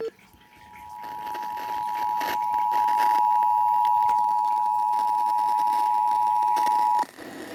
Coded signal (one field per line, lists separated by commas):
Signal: Emergency Alert System (SAME) tones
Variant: 853 and 960 Hz attention tone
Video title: EAS/NWR Alert or message #557: Child Abduction Emergency/AMBER Alert for Ohio #3